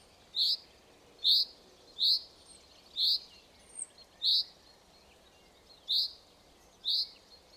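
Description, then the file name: Common chaffinch calling: short, sharp, bright notes repeated about once a second, with uneven gaps and one faint thin whistle midway. "Fringilla coelebs"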